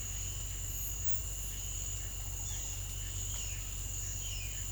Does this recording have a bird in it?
yes